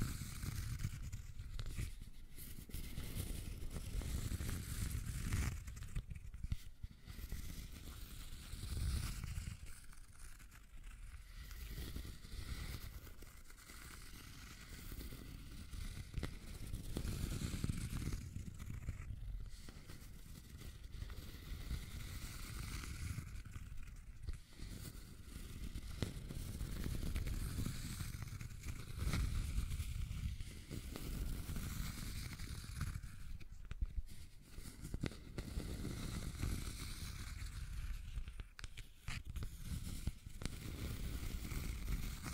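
Scratching and tracing sounds run without a break, a rough, grainy rubbing with a deep rumble beneath it. The strokes swell and ease in waves every few seconds, with brief crackly ticks scattered throughout and a faint steady whine running behind.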